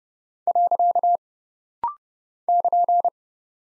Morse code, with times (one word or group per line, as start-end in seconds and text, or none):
0.5-1.2 .
2.5-3.1 <KN>